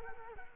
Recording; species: mosquito wingbeat signal from an infrared sensor; Culex quinquefasciatus